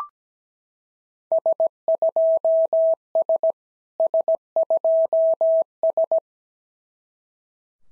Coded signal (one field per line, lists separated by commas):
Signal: Morse code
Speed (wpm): 17 wpm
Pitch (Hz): 650 Hz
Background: none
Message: S2S S2S